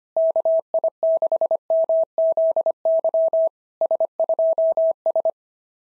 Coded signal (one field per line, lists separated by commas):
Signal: Morse code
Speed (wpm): 24 wpm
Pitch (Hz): 650 Hz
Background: none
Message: KI6MZY S2S